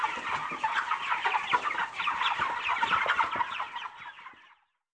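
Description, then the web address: Chicken flock calls: dense, overlapping rapid clucks and cackles form a steady chorus that fades out near the end. Several chickens recorded as farm ambience. "bird chickens ambience farm chickens"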